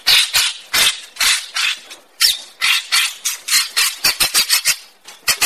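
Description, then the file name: Greater racket-tailed drongo gives a fast, uneven series of harsh, grating chatter notes, quickening toward the end. "tieng cheo beo duoi co hot"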